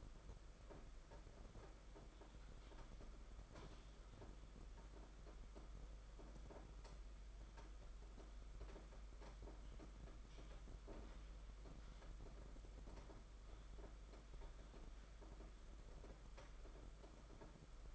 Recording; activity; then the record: daily activity, microphone in the room; typing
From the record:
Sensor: 5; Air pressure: 991.9 hPa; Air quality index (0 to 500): 164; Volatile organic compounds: 377 ppm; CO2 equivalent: 4632 ppm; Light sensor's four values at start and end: 31/108/40/42 and 31/108/40/42